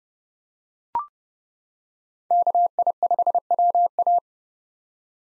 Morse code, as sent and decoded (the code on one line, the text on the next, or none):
-.- .. ..... .-- .-
KI5WA